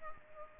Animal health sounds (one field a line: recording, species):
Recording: mosquito wingbeat signal from an infrared sensor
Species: Culex pipiens